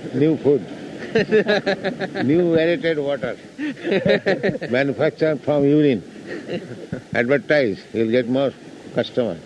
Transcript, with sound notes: "new food"? New aerated water, manufactured from urine. [laughter] Advertise. You'll get more customer.